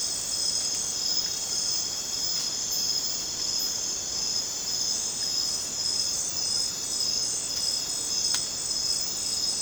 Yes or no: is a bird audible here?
no